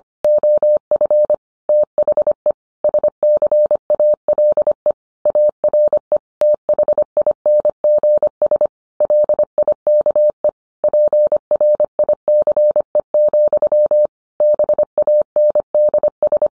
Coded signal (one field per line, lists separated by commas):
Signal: Morse code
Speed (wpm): 25 wpm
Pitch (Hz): 600 Hz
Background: none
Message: OF THE SCALE ARE THINGS LIKE PRICE, BANDS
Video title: 20230122 What is the difference between handheld, mobile and a base radio?